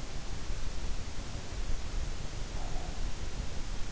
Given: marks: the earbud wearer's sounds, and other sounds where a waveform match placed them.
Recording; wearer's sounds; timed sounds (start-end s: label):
sounds in sleep by an in-ear microphone; breath
2.42-3.14 s: breath